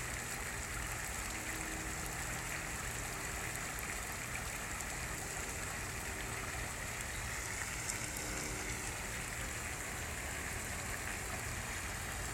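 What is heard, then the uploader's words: A garden fountain splashes in a steady, dense rush that fills the whole range from low to bright and never changes in level. A low, even hum sits underneath, like traffic, and a faint brief tick comes near the eighth second. Fountain at Park & Tilford Gardens by Marie Elliott.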